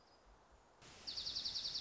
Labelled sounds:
Dark-eyed Junco (Junco hyemalis)
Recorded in Sonoma County, California

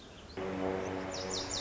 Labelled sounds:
Lazuli Bunting (Passerina amoena)
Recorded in Sonoma County, California

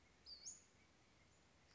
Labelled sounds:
Western Flycatcher (Empidonax difficilis)
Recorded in Sonoma County, California

